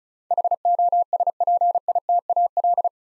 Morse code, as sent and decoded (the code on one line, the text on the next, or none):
.... --- ... .--. .. - .- .-..
HOSPITAL